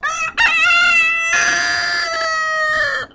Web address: Sound Effects-Foundation 1 BIRD CHICKEN SILKIE CROW